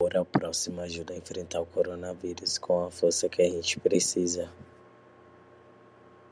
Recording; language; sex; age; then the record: spoken sentence; Brazilian Portuguese; male; 20 to 29 years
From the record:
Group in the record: control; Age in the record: 23 years